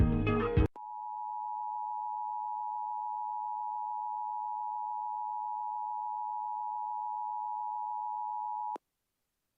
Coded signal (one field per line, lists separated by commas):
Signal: Emergency Alert System (SAME) tones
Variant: 853 and 960 Hz attention tone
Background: music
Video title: EAS Mock Scenario: Real-Life Fortnite